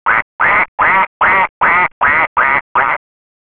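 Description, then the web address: Duck quacking: eight loud, harsh nasal quacks in a steady even series, each about a quarter second long, then silence. "letslisten Duck"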